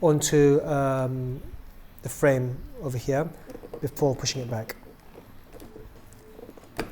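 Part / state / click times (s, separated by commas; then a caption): doll shoulder piece into the internal body frame / seated / 6.8 s. Someone talks while the shoulder piece of a vinyl Smart Doll is wriggled back in and pushed onto the internal body frame, with the frame held in place. A few faint taps follow, then a sharp click at 6.8 s as the shoulder seats into the frame.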